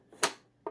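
The plastic power head latch of a Fantom Lightning upright vacuum is worked into the vacuum body. After a faint low rustle, a sharp, bright click sounds at 0.2 s as the latch locks into place, followed by a softer, lower click near 0.7 s. The latch is confirmed seated.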